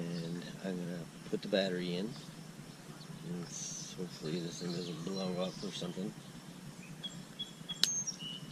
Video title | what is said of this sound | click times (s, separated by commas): I lost my DJI Spark in Long Island Sound. | I heard the click. | 7.8 s